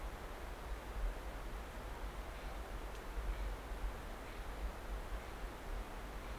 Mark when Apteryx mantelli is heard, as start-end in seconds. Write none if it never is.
none